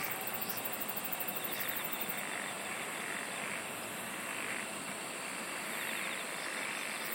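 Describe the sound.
Insect singing: a fast, rhythmic pulsing trill for the first two seconds over a steady high whine.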